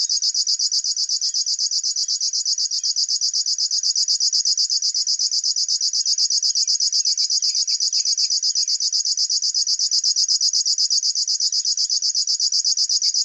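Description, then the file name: River warbler song, a fast, regular, metallic buzzing pulse held throughout, with faint chirps from another bird partway through. "Schlagschwirl - Locustella fluviatilis"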